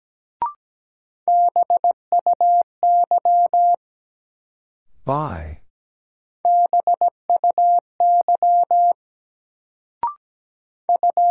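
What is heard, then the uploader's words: A word is sent in Morse code as a steady mid-pitched tone, keyed in quick groups of short and long beeps from about 1 to 4 seconds and again from 6.5 to 9 seconds. A brief spoken or breathy burst sits between the two runs, and short clicks mark the start and around 10 seconds. First, the word is sent in Morse code. Then it is spoken.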